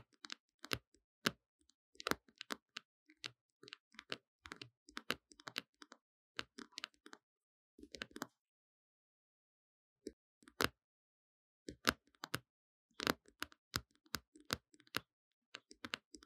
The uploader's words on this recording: Tapping.